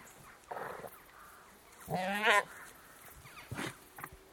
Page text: BBC. British Saanen Goat, exterior, annoyed bleating, moving around a field (some close perspective calls), jackdaws & crickets heard (Recorded in early evening)